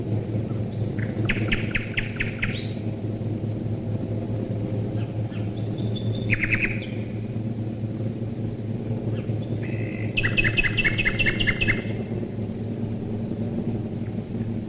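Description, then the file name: Common nightingale song of separate phrases: a fast chattering trill, a brief note, then a longer rapid trill, all over a deep continuous hum. Nightingales singing while bombers fly over, recorded in 1942. "nightingales and bombers 1942"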